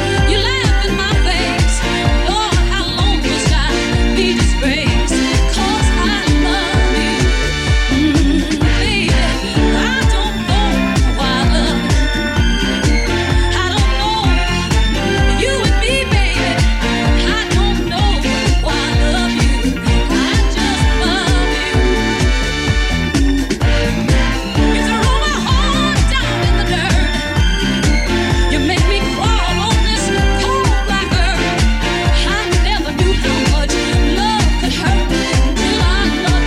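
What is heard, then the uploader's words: Bumper car dance music pounds along with a steady, fast thumping beat under dense, bright layers, holding one loud level throughout. Os carrinhos de choque das festas do senhô. Bumper cars always have a particular soundtrack, always revolving around dance music.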